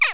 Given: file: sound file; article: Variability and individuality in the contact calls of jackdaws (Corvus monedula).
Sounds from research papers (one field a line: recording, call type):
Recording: jackdaw call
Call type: harmonic